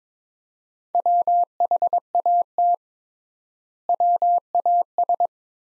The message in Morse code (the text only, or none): WHAT WAS